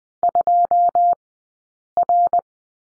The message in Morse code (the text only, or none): 2R